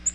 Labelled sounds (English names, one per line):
Nashville Warbler flight call